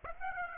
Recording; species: mosquito wingbeat signal from an infrared sensor; Aedes aegypti